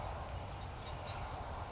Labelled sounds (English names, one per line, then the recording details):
California Towhee
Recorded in Sonoma County, California